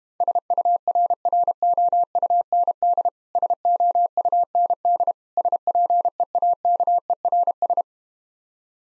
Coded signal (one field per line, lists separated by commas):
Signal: Morse code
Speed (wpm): 31 wpm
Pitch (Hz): 700 Hz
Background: none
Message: SURROUND SOUND SPEAKERS